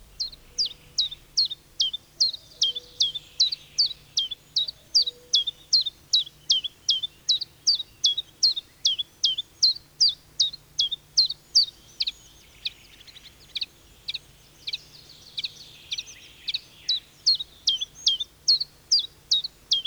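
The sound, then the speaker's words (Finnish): A common chiffchaff, a small green-grey bird related to the wood warbler, sings its steady, monotonous song: a long, even series of high, sharp two-pitched notes repeated about twice a second, alternating slightly up and down, with no voices. “Tiltaltti on pieni vihreän harvaa lintu, yleinen koko maassa.”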